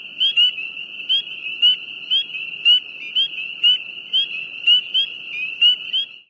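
Frog calls: a high steady trill-like drone, punctuated repeatedly by loud rising chirps, fading out at the end.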